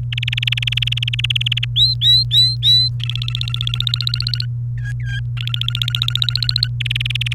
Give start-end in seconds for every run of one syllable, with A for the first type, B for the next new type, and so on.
0.12-1.65 A, 1.76-2.88 B, 3.00-4.45 C, 4.78-5.19 D, 5.37-6.67 C, 6.80-7.33 A